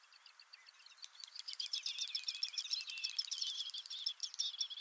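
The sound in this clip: Bird sounds: a few spaced high notes, then a continuous dense high twittering chatter of rapid notes.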